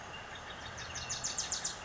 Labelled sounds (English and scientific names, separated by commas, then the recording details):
Wilson's Warbler (Cardellina pusilla)
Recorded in Sonoma County, California